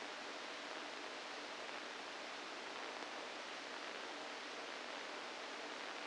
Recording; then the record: brain microelectrode recording played as sound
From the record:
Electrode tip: inside the subthalamic nucleus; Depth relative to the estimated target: -3 mm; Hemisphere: right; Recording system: NeuroSet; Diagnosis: Parkinson's disease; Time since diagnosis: 7 years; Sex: female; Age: 68 years